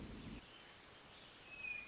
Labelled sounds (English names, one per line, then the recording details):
Hermit Thrush
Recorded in Sonoma County, California